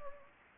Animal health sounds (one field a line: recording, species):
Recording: mosquito wingbeat signal from an infrared sensor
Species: Anopheles gambiae